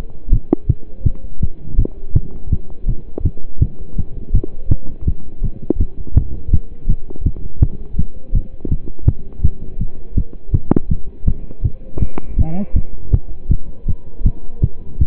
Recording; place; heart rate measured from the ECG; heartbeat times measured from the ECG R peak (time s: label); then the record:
heart sounds by stethoscope; between the tricuspid and mitral areas; 163 bpm
0.32 s: heartbeat
0.68 s: heartbeat
1.05 s: heartbeat
1.41 s: heartbeat
1.78 s: heartbeat
2.15 s: heartbeat
2.51 s: heartbeat
2.88 s: heartbeat
3.24 s: heartbeat
3.61 s: heartbeat
3.97 s: heartbeat
4.34 s: heartbeat
4.70 s: heartbeat
5.07 s: heartbeat
5.43 s: heartbeat
5.80 s: heartbeat
6.16 s: heartbeat
6.52 s: heartbeat
6.89 s: heartbeat
7.25 s: heartbeat
7.61 s: heartbeat
7.98 s: heartbeat
8.34 s: heartbeat
8.70 s: heartbeat
9.07 s: heartbeat
9.43 s: heartbeat
9.80 s: heartbeat
10.16 s: heartbeat
10.53 s: heartbeat
10.90 s: heartbeat
11.26 s: heartbeat
11.63 s: heartbeat
12.00 s: heartbeat
12.38 s: heartbeat
12.75 s: heartbeat
13.12 s: heartbeat
13.50 s: heartbeat
13.87 s: heartbeat
14.25 s: heartbeat
14.62 s: heartbeat
15.00 s: heartbeat
From the record:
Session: pedaling a stationary bicycle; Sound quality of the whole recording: partially saturated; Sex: male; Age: 27 years